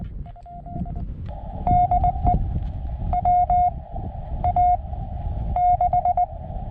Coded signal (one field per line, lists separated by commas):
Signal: Morse code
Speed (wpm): 19 wpm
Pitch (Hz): 720 Hz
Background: none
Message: DE WA6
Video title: I'm still learning Morse Code